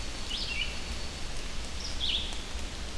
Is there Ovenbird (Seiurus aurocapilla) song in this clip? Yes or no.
no